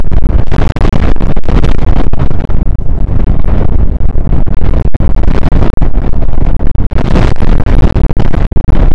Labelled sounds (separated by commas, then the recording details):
wind
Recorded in the Prudhoe Bay oil fields, Alaska, on 1 August 2019 at 02:00
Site 29